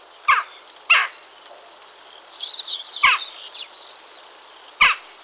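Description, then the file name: Western jackdaw giving sharp, harsh single 'chak' calls, four in about five seconds with irregular gaps, and a thin twittering sound briefly between them. "choucasdestours"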